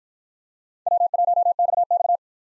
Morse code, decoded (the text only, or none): W1XX